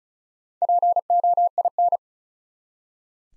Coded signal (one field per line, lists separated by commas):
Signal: Morse code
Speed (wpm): 36 wpm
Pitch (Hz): 700 Hz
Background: none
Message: POIN